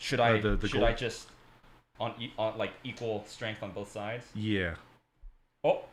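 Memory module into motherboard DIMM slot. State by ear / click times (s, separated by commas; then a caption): not seated / none. A RAM stick is pressed with equal strength on both ends into a motherboard DIMM slot after an earlier push left it unseated. Someone talks throughout, with short pauses and a brief soft knock near 5.3 seconds. Nothing has seated or clicked yet.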